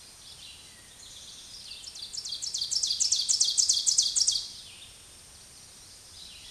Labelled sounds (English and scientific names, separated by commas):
Ovenbird (Seiurus aurocapilla) song